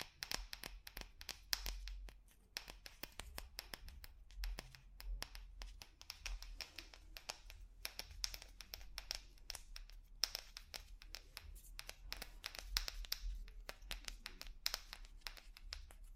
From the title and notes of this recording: Ear To Ear Relaxing Tapping on Different Objects（No Talking）.